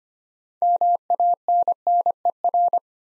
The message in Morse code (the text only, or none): MANNER